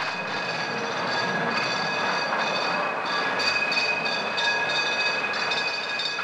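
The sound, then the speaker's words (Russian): A tram rolls steadily along its rails, a continuous low rumble under a thin, high-pitched metallic whine that holds for several seconds, with faint clicks and no voices. “Дядя Кузя, а почему трамвай ездит по рельсам, а не по дороге?”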